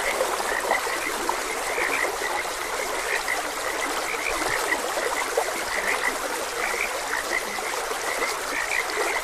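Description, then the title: Frogs give quick, higher croaking notes in loose series, with a constant stream babbling throughout. Frogs croaking beside a gentle stream. "Gentle Stream and Frogs Croaking"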